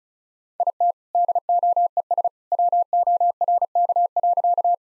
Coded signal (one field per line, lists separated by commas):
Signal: Morse code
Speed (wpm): 36 wpm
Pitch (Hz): 700 Hz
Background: none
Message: IT DOES WORK.